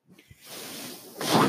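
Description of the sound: A few faint clicks, then a steady rushing hiss of air that swells louder near the end. This is the airflow of a home mechanical ventilator pushing a breath.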